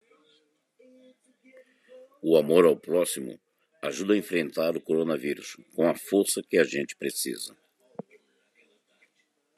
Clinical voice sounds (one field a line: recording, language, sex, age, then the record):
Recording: spoken sentence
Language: Brazilian Portuguese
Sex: male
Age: 50 to 59 years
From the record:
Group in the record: control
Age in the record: 56 years